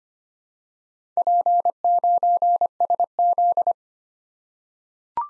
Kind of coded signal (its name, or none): Morse code